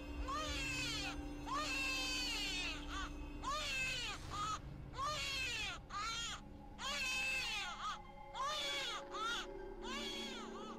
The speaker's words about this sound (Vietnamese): Hai thằng còn chưa biết tình huống ra làm sao thì tự nhiên thấy đứa bé nó khóc choe choé lên, là tiếng khóc của trẻ sơ sinh nghe đến giận cả người.